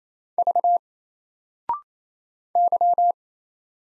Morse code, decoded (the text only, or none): V Y